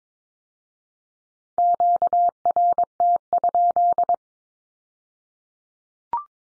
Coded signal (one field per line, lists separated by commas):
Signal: Morse code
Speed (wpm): 22 wpm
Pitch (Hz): 700 Hz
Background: none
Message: QRT?